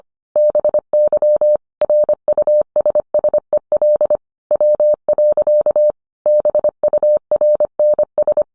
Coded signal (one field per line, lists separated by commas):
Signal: Morse code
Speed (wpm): 25 wpm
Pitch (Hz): 600 Hz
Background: none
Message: BY RUSSEL W. BURNS